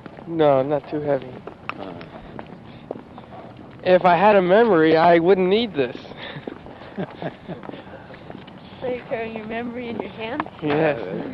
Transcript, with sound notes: No, not too heavy. If I had a memory, I wouldn't need this.
[Prabhupāda laughs] So you're carrying your memory in your hand?
Yes.